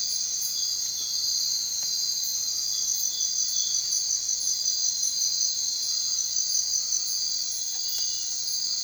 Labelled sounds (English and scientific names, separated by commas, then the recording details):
none
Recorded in secondary vegetation near Puerto Asís, Putumayo, Colombia, on 23 June 2025 at 01:00
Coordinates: 0.499, -76.323
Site G077